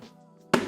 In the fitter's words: and snaps in place you could add a large box on here